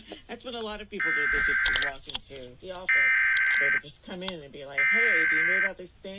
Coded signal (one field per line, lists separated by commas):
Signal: Emergency Alert System (SAME) tones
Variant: header bursts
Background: speech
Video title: NEW CRITERIA FOUND... EAS Alerts from 8/17/24 (EAS #4,787 - 4,821)